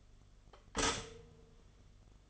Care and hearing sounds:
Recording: daily activity, microphone in the room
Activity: stop toaster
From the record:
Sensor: 4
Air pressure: 1015.5 hPa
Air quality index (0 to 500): 201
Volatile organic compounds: 10 ppm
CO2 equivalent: 2244 ppm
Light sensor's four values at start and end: 4/9/3/3 and 4/8/3/3

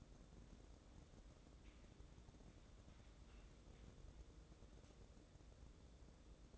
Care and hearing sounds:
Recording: daily activity, microphone in the room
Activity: wipe stove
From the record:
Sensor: 3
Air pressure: 1012.3 hPa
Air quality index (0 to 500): 172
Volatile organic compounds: 2 ppm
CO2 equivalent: 1315 ppm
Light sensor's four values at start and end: 602/1496/618/631 and 603/1499/619/632

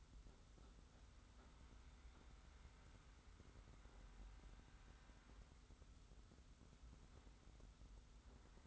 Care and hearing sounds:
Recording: daily activity, microphone in the room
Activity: wipe stove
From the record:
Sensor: 3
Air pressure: 991.4 hPa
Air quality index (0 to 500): 146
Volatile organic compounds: 426 ppm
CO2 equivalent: 4714 ppm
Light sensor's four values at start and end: 51/139/57/50 and 51/139/57/50

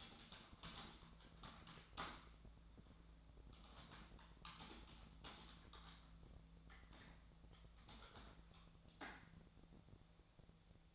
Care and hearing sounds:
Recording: daily activity, microphone in the room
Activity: typing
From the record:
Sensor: 3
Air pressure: 1000.2 hPa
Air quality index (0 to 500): 138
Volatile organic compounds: 2 ppm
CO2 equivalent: 1222 ppm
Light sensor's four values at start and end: 37/94/40/44 and 37/95/40/44

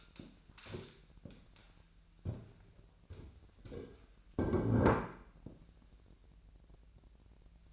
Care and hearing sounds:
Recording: daily activity, microphone in the room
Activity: stand up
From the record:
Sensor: 2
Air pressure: 1001.5 hPa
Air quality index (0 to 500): 241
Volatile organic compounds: 74 ppm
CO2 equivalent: 3560 ppm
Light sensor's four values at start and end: 11/26/11/11 and 9/23/9/10

